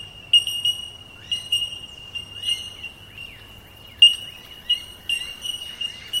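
Bellbird notes, loud pinging accents over a continuous high ringing tone, with soft curved whistles underneath.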